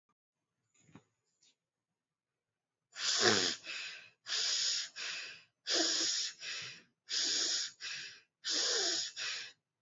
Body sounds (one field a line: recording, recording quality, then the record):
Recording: shallow breathing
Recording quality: excellent, no background noise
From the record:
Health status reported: healthy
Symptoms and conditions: none ticked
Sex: female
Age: 33 years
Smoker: not ticked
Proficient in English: yes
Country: India